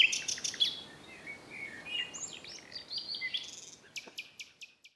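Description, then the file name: Common nightingale singing varied phrases: loud sharp notes at the start, softer whistles and chatter in the middle, and a rapid dry trill at the end. "Luscinia megarhynchos"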